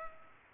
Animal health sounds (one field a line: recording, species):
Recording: mosquito wingbeat signal from an infrared sensor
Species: Culex pipiens